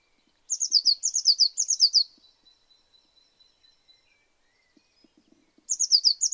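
Eurasian blue tit giving two bursts of rapid, high, thin notes, the first lasting about one and a half seconds, the second cut off at the end, separated by near silence.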